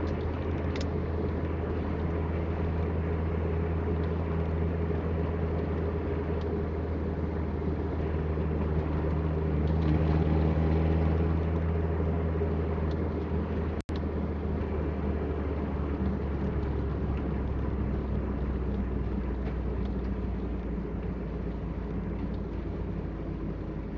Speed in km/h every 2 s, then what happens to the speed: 54, 54, 52, 51, 53, 53, 49, 45, 41, 38, 36, 31.
0-10 steady at about 53. 10-24 slows to 31.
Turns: none.